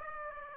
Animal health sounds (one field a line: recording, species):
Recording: mosquito wingbeat signal from an infrared sensor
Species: Aedes aegypti